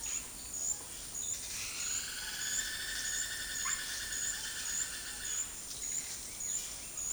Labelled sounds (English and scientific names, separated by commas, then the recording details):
Straight-billed Woodcreeper (Dendroplex picus)
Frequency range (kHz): Straight-billed Woodcreeper (Dendroplex picus) 0.2-7.4 kHz
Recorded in dense forest near Puerto Asís, Putumayo, Colombia, on 20 February 2024 at 13:00
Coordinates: 0.485, -76.318
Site G6408